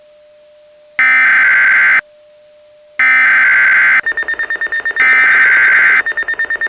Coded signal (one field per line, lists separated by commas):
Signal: Emergency Alert System (SAME) tones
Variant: header bursts